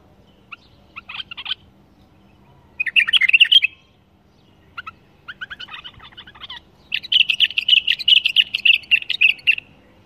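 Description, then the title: Bulbul song: short chirped bursts, then a long rapid trill of bright, even notes repeated quickly near the end. "اجمل تغريد بلبل بدون اخطاء بلبل طور"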